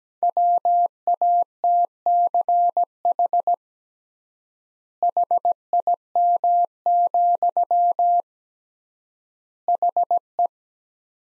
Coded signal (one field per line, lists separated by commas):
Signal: Morse code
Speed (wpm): 17 wpm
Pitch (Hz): 700 Hz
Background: none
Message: WATCH HIM, HE